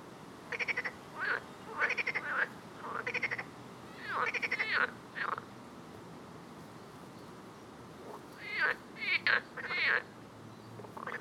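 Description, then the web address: Frogs calling with rattly pulsed bursts and curving chirps, busy in the first half, then a pause and a few sweeping calls later. "Soundscape Frog 1"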